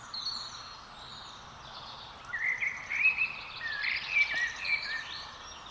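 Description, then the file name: Common blackbird singing a run of melodious whistled notes after two seconds, mixed with high twittery ends. "Turdus merula"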